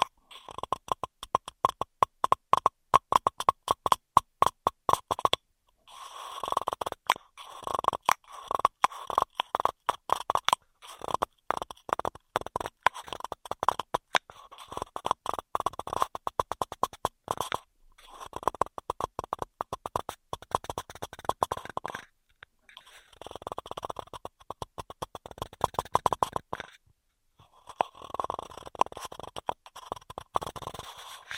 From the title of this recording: Intense Straw Triggers